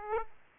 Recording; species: mosquito wingbeat signal from an infrared sensor; Aedes aegypti